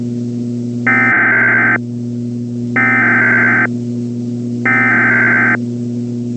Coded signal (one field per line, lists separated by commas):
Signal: Emergency Alert System (SAME) tones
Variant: header bursts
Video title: The Big One (EAS Scenario)